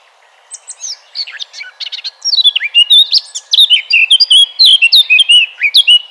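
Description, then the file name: Eurasian blackcap song that starts as soft, scratchy chatter and swells into a loud run of clear, fluty whistles rising and falling for several seconds. "Sylvia atricapilla"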